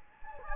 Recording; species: mosquito wingbeat signal from an infrared sensor; Anopheles gambiae